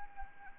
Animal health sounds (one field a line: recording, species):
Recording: mosquito wingbeat signal from an infrared sensor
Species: Anopheles arabiensis